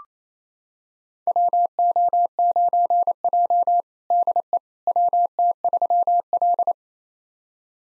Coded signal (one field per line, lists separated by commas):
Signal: Morse code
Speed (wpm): 28 wpm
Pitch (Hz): 700 Hz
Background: none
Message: WO9J DE WT3L